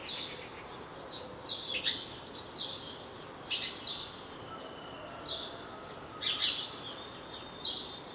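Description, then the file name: House sparrow calls: a series of harsh, clipped chirps, sometimes doubled or in quick clusters, repeated irregularly over a constant hiss. "Passer domesticus"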